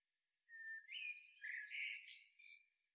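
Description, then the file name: European robin singing a short, high, warbling phrase of rapid twittering and trilled notes, lasting about two seconds. "Erithacus rubecula"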